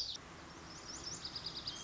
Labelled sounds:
Lazuli Bunting (Passerina amoena)
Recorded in Sonoma County, California

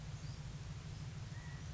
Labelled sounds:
California Quail (Callipepla californica)
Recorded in Sonoma County, California

